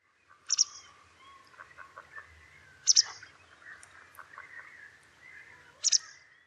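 Birds calling: a high, sharp double note recurs about every two and a half to three seconds, with softer chirps and whistled notes between them.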